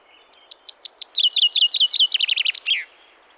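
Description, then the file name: Common chaffinch song: a bright run of many sharp notes tumbling downward in pitch, quickening into a rapid trill and ending in a short flourish, over a quiet background. "Fringilla coelebs"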